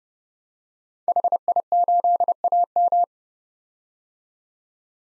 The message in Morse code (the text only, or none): HI8AM